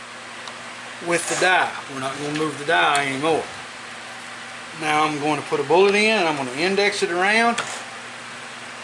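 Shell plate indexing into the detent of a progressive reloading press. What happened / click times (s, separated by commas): No seating click; the press plate has not yet indexed home / none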